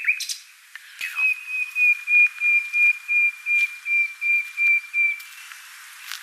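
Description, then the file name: Common nightingale song: a long series of even, steady whistled notes repeated about three times a second, on a single pitch. "Luscinia megarhynchos"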